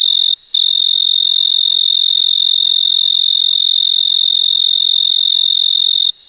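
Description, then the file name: Tree cricket song: a steady, high, pure trill held without pause, with one very brief break near the start, stopping just before the end. Recorded 26 March 2011 at an air temperature of 22.5 °C. "Oecanthus pictus – Recorded at 26 03 2011 – 22 , 5 degree Celsius"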